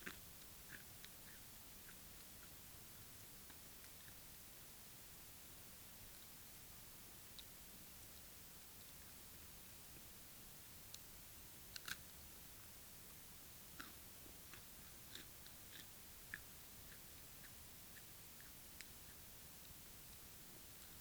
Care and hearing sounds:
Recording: daily activity, guitar pickup as the sensor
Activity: eat

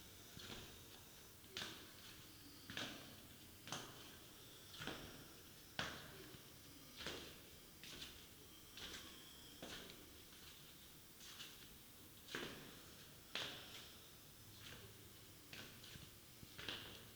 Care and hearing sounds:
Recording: daily activity, guitar pickup as the sensor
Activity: go downstairs

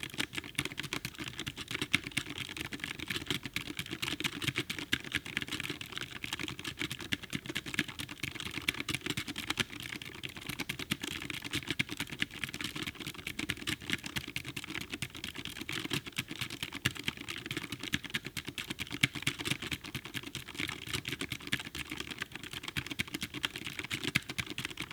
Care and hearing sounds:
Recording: daily activity, guitar pickup as the sensor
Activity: type

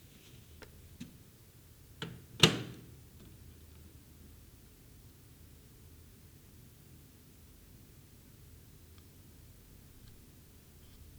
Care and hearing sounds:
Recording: daily activity, guitar pickup as the sensor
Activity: use microwave

